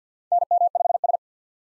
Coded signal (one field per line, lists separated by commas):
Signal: Morse code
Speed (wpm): 50 wpm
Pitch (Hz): 700 Hz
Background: none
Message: NM5S